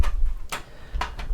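The left side of a metal I/O shield is pressed into the rear opening of a PC case, giving a few sharp ticks against a low rumble. The loudest, brightest snap at 1.0 s is the shield's left side snapping home, leaving it seated all the way.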